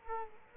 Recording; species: mosquito wingbeat signal from an infrared sensor; Culex quinquefasciatus